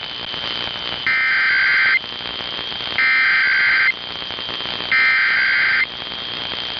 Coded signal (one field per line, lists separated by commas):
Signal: Emergency Alert System (SAME) tones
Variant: header bursts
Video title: BUNCHA TESTS!!! EAS Tests from 5/19/21 (EAS #325-329)